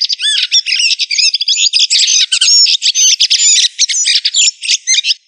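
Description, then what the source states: Thrush song, a rapid stream of high, varied chirps and slurred whistles that runs for about five seconds. Thrush of the family Turdidae, called sabiá.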